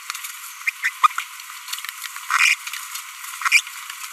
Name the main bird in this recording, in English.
Green-rumped Parrotlet